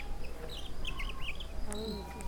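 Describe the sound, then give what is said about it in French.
European robin song: thin, high, warbling phrases that rise and fall quickly, repeated in short bursts over a steady low hum, with a faint lower murmur toward the end. “Je suis le rouge-gorge.”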